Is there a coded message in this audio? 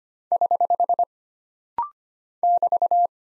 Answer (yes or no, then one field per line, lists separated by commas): yes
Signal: Morse code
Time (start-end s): 0.3-3.1 s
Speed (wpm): 25 wpm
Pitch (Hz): 700 Hz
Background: none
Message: <HH> <BT>